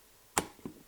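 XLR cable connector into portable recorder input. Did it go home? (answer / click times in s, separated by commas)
yes / 0.4 s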